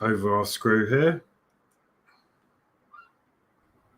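Someone talks briefly while a small plastic cap is handled over a screw head on the brake/wheel assembly of a die-cast/plastic scale model VW T1 Samba camper van. Faint, quiet handling sounds follow at about 2.1 s and 3.0 s. The cap has not snapped on or seated yet by the end.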